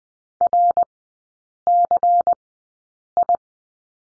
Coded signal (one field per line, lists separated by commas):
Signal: Morse code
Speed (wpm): 20 wpm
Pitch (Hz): 700 Hz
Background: none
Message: RCI